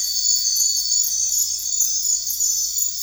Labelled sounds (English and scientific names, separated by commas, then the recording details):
none
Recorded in secondary vegetation near Puerto Asís, Putumayo, Colombia, on 9 March 2025 at 00:00
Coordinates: 0.499, -76.323
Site G094